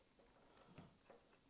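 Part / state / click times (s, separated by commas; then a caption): connector lock pin on tail light harness plug / not seated / none. The connector lock pin on a Ram 2500 tail light wiring harness plug is handled before being pushed forward to lock. Faint handling noise is heard, with brief sharp sounds at about 0.6 s and 0.8 s. Nothing has seated or clicked yet.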